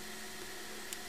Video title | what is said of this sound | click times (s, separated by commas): Crimping without a crimp gun | press it down till it clicks and that's it job done | 0.9 s